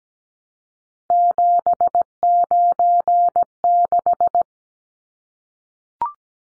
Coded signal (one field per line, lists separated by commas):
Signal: Morse code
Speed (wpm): 17 wpm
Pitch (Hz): 700 Hz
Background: none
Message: 796